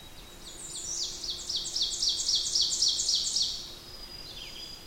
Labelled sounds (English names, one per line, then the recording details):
Ovenbird song
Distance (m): 30 m
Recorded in boreal forest in Alberta, Canada, on 20 June 2016 at 05:48
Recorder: SongMeter 3, array SBT-6-81
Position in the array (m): 67 m, 23 m
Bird 47